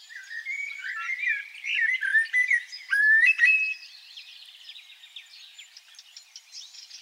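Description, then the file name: Common blackbird song with mellow whistled phrases over the first few seconds, fading into softer high twitters. "Turdus merula"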